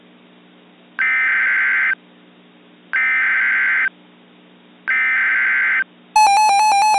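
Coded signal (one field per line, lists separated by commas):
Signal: Emergency Alert System (SAME) tones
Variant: header bursts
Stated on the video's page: Homemade mock alert, civil danger warning.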